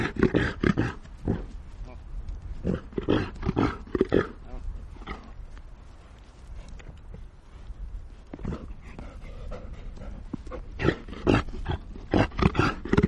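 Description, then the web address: Reindeer roaring in bursts: quick runs of gruff grunts at start and end, separated by a quieter stretch of a few seconds. "tonakaino pao xiao"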